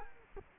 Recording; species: mosquito wingbeat signal from an infrared sensor; Culex quinquefasciatus